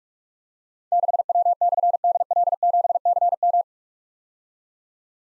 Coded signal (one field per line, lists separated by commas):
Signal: Morse code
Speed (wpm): 44 wpm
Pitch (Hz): 700 Hz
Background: none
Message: 6W/DL7CM